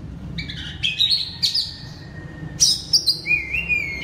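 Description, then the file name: Oriental magpie-robin song: a few clear whistled notes, then a pause and a loud burst of sliding whistles. Loud song in the ngeplong style. "suara kacer ngeplong keras"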